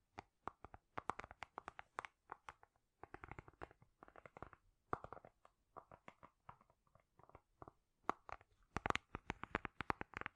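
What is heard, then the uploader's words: Crisp tapping sounds come in quick, irregular bursts throughout, sharp clicks clustered in rapid runs with brief pauses between. Around three to four seconds the taps turn softer and more scratchy, and the final two seconds bring a dense, louder flurry of bright taps. ASMR Great Tapping Sounds for Sleep (No Talking).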